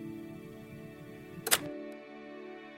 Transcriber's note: silence; click